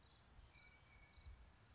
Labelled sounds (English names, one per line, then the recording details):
California Towhee
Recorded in Sonoma County, California